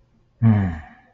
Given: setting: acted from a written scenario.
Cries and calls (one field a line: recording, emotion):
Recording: vocal sound without words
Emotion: embarrassment